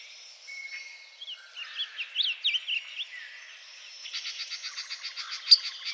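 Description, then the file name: Blue grosbeak song, a quick jumbled warble of rising and falling notes, then a fast, buzzy, pulsed trill. "Blue Grosbeak - Passerina caerulea"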